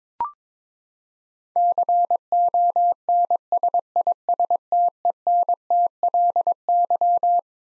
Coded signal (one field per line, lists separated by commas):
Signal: Morse code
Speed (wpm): 22 wpm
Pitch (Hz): 700 Hz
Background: none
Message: CONSISTENTLY